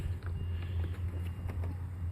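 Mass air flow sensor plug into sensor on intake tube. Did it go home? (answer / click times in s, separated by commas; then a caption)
no / none. Someone handles the mass air flow sensor plug at the sensor on the intake tube of a new Roush cold air intake box on a 2012–2014 Ford F-150 EcoBoost, with low rumbling and a brief tap near 0.3 s. The connector is handled but nothing has seated or clicked yet.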